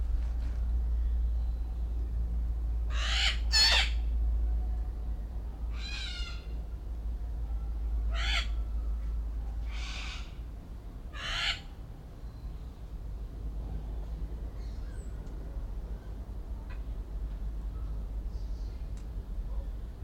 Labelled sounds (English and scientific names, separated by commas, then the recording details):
Grey Parrot (Psittacus erithacus) call
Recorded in captivity
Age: adult
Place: Zoo Berlin, Berlin, DE
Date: 1993-08-04 18:10
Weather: heiter,25 °C
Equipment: Marantz CP 430, Sennheiser ME 80, Kopie Uher Variocord 263
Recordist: Tembrock, Günter